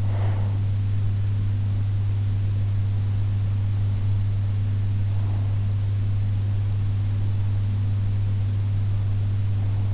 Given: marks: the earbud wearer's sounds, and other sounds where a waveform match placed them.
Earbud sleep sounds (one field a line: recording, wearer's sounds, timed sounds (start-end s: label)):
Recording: sounds in sleep by an in-ear microphone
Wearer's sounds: breath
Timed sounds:
0.00-1.54 s: breath